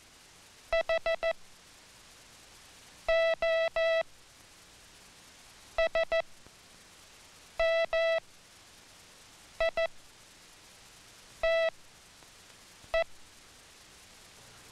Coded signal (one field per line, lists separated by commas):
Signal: Morse code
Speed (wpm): 14 wpm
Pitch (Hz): 660 Hz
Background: none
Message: H O S M I T E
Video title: INTERNATIONAL MORSE CODE, HAND SENDING